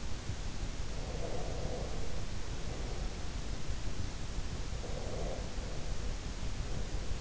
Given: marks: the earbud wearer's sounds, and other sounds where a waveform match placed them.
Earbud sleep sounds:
sounds in sleep by an in-ear microphone; breath
0.85-3.77 s: breath
4.88-7.21 s: breath

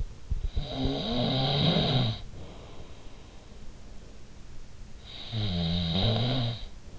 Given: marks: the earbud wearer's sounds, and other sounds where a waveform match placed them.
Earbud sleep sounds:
sounds in sleep by an in-ear microphone; snoring breath
0.25-2.34 s: snoring breath
4.77-6.99 s: snoring breath

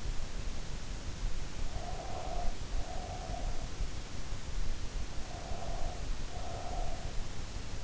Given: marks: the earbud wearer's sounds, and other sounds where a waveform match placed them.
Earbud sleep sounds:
sounds in sleep by an in-ear microphone; breath
1.44-3.86 s: breath
5.04-7.40 s: breath

